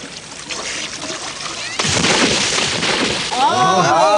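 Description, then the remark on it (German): A sudden, loud splash of someone doing a somersault dive from a 3-metre board into a swimming pool cuts into steady, hissing water noise, followed by a swelling wash of water and voices calling out. “Sie freut sich über den gelungenen Salto vom 3-Meter-Brett.”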